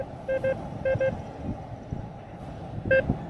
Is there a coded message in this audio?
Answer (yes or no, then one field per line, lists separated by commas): no